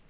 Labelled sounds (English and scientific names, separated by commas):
Black-throated Gray Warbler (Setophaga nigrescens) flight call